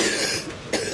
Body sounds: coughing mixed with background sound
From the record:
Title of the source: 55 gaggy wet cough

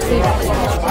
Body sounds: background sound without coughing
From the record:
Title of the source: Nightlife Party Simulating Party Club Noise 1 Hour

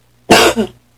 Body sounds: coughing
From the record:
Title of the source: 61 morning phlegmy cough...again

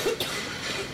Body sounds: coughing mixed with background sound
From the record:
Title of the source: 30 Chesty and wet cough

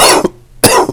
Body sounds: coughing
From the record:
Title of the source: Coughing 79

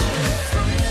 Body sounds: coughing mixed with background sound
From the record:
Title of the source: Coughing Man Sound - Man Cough Sound Effect

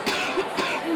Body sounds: coughing mixed with background sound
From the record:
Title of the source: 64 coughing, allergies, singing lungs

